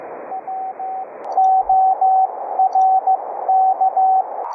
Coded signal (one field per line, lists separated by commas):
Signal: Morse code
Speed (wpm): 15 wpm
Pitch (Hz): 760 Hz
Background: radio noise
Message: RORK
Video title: Morse Code QSO over the internet - software setup - config 3 - VoiceMeeter, Reaper, VST PLUGINS